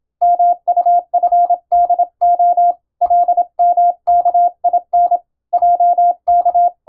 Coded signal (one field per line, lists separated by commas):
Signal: Morse code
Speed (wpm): 26 wpm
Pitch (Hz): 700 Hz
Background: none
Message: MUFDO LMKIN JK